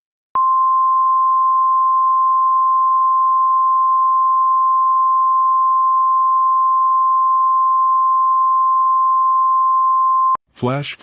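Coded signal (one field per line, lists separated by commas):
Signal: Emergency Alert System (SAME) tones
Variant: 1050 Hz attention tone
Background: speech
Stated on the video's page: Fictional EAS scenario made with Clipchamp using Wikimedia Commons sound effects.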